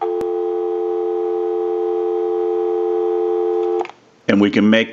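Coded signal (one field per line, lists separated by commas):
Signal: telephone call progress tone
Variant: North America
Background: speech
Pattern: dial tone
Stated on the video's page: Western Electric Noteworthy telephone undergoing initial checkout and repair.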